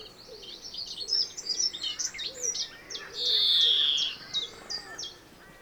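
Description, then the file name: European greenfinch calls: a fast, jumbled twitter of high chirping notes, with one long, nasal, buzzy wheeze that drops slightly in pitch near the middle. "Chloris chloris"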